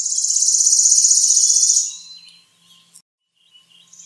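Bird delivering a loud, high-pitched buzzy trill for nearly two seconds, fading out, followed by a few faint chips.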